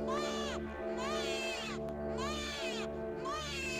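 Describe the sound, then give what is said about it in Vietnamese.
An eerie, drawn-out wailing cry, its pitch swooping up and down in repeated sobbing arcs about once a second, held at a steady, fairly loud level over a low sustained hum. “Tiếng khóc ngày một rõ, cứ văng vẳng đến đáng sợ.”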